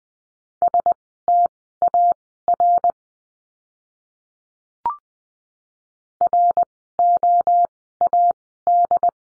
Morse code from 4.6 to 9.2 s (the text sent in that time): ROAD